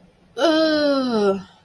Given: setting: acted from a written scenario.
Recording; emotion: vocal sound without words; disappointment